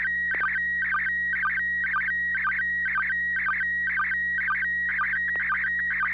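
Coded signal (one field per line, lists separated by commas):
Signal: SSTV (slow-scan television)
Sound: steady high tone broken by regular warbling chirps about twice a second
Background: low hum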